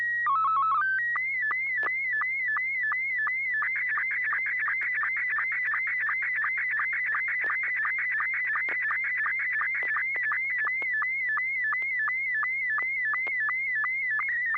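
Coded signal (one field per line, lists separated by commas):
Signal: SSTV (slow-scan television)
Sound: short warbling header beeps, then a continuous wavering whistle with regular clicks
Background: low steady hum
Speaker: busy working here so let's see if we have a tone first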